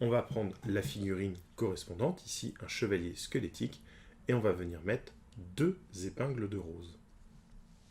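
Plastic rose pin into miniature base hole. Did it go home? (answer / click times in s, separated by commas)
no / none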